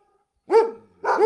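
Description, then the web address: Dog barking, a few barks after a moment of silence. Big dogs barking close. "fvtt-sonniss-gdc-audio dogs-big-close-barking"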